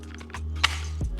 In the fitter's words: You hear that click? That's retention.